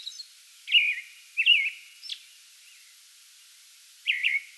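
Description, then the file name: American robin giving a few slurred whistled phrases and a thin high note, separated by a long pause before a final phrase. Pre-dawn song bout recorded 8 May 2022. "2022-05-08 American Robin pre-dawn song bout"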